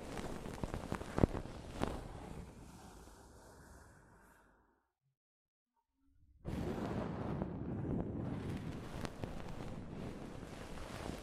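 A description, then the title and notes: Soft fabric brushes over a microphone in dense rustling sweeps, a couple of sharper scuffs early, fading to silence near five seconds before resuming louder. ASMR Mic Brushing using Soft Fabric (No Talking).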